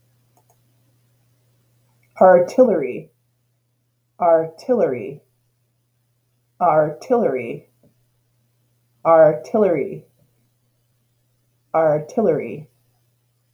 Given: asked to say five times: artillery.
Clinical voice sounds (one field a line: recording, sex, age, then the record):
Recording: repeated word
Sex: female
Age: 30 to 39 years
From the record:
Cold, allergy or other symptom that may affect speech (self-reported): yes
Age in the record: 38 years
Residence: Maine, United States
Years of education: 22